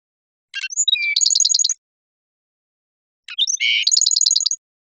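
Black-throated sparrow repeats its song twice, each a cluster of chips and tones ending in a rapid high trill, with a pause of about one and a half seconds between.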